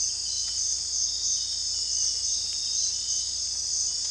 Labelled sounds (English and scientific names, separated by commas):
none